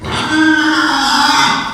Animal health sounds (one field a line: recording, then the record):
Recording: squeal of a Yucatan mini pig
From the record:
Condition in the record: after surgery on the right vocal fold (resection and tissue-engineered implant)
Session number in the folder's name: 16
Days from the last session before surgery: 183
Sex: female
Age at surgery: 19 weeks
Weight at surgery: 25 kg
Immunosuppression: prednisolone